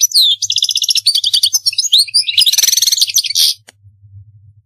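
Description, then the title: European goldfinch song: rapid twittering, liquid trills and buzzy notes high in pitch, ending in a harsh burst, with a low hum underneath. "Chant Chardonneret"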